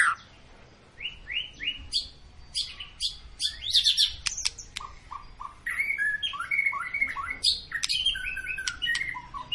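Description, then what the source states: White-rumped shama giving rising whistled notes and sharp high chips over a steady background hiss, phrases of varied pitch throughout. Long, lively lure song of a white-rumped shama, used to prompt other birds to sing.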